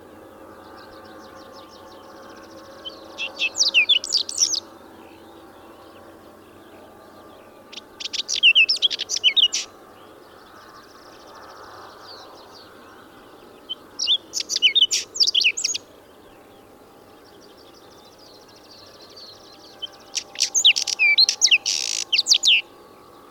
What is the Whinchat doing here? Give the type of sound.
song